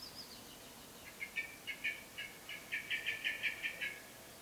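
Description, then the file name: Common blackbird chatter: a quickening series of short, harsh clucks that grow louder and faster toward the end, with faint background hiss. "Turdus merula"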